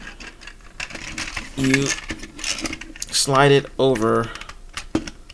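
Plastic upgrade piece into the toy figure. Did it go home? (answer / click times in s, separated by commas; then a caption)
yes / 5.0 s. A plastic Perfect Effect PC-06 and PC-07 upgrade piece for a CW Devastator transforming robot toy is slid into place on the figure while someone talks over light plastic taps and handling clicks. The piece locks into place with a sharp plastic snap at 5.0 s.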